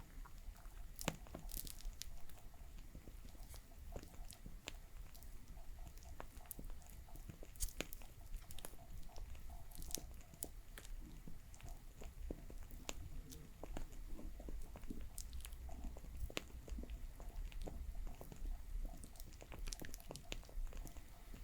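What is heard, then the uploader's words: A crackling fire keeps up a dense, irregular stream of sharp pops and snaps throughout, some louder cracks standing out every second or so. Beneath the crackle runs a steady low rumble, and the overall level stays fairly even from start to finish. Crackling Fire Sounds.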